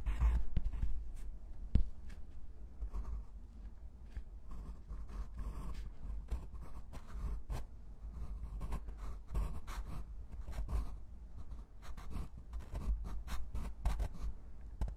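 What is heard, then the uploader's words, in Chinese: Pencil and pen writing on paper, a steady run of soft scratching strokes with frequent short, bright ticks and taps scattered throughout. A low rumble sits underneath the whole time, and a few sharper clicks stand out near 2, 13 and 14 seconds. 铅笔、钢笔写字声。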